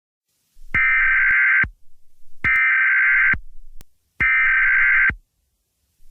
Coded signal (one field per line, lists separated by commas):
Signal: Emergency Alert System (SAME) tones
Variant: header bursts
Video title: EAS Scenario- The BloxWatch